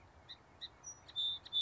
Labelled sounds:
Song Sparrow (Melospiza melodia)
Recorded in Sonoma County, California

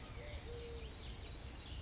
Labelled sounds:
Eurasian Collared Dove (Streptopelia decaocto)
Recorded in Sonoma County, California

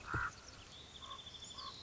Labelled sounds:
Common Raven (Corvus corax)
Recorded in Sonoma County, California

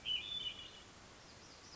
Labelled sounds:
Hermit Thrush (Catharus guttatus)
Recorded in Sonoma County, California

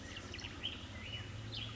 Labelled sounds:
Black-headed Grosbeak (Pheucticus melanocephalus)
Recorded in Sonoma County, California

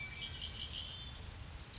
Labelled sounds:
Red-winged Blackbird (Agelaius phoeniceus)
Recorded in Sonoma County, California

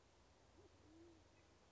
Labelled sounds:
Band-tailed Pigeon (Patagioenas fasciata)
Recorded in Sonoma County, California

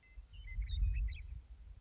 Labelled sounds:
Western Meadowlark (Sturnella neglecta)
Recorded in Sonoma County, California

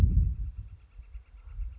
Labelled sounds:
Northern Flicker (Colaptes auratus)
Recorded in Sonoma County, California

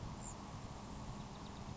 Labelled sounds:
Grasshopper Sparrow (Ammodramus savannarum)
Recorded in Sonoma County, California

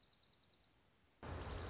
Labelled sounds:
Dark-eyed Junco (Junco hyemalis)
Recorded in Sonoma County, California

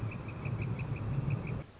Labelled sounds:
Northern Flicker (Colaptes auratus)
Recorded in Sonoma County, California

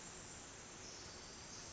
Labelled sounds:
Pacific Wren (Troglodytes pacificus)
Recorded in Sonoma County, California

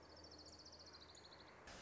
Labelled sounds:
Orange-crowned Warbler (Leiothlypis celata)
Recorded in Sonoma County, California

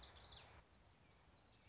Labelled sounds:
Common Yellowthroat (Geothlypis trichas)
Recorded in Sonoma County, California

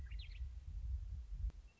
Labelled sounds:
Western Meadowlark (Sturnella neglecta)
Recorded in Sonoma County, California

